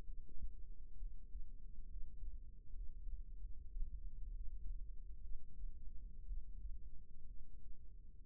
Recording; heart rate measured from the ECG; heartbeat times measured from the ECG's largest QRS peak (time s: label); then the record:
heart sounds by microphone in the right ear; 66 bpm
0.03 s: heartbeat
0.96 s: heartbeat
1.86 s: heartbeat
2.72 s: heartbeat
3.40 s: heartbeat
4.34 s: heartbeat
5.20 s: heartbeat
6.25 s: heartbeat
7.26 s: heartbeat
8.23 s: heartbeat
From the record:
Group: healthy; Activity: rest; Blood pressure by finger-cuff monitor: 130/69 mmHg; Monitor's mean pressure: 89 mmHg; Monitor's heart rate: 65 bpm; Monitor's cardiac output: 6 L/min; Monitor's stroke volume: 92 mL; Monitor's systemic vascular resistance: 1080 dyn s/cm5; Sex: female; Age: 37 years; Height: 168 cm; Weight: 70 kg